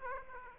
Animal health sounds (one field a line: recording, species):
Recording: mosquito wingbeat signal from an infrared sensor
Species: Aedes aegypti